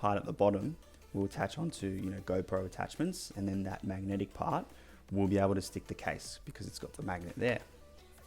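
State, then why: Not seated. A clip-on camera lens is being handled near a magnetic phone case mount while someone talks over background music. The clip ends just before the lens goes home, so nothing has seated or clicked yet.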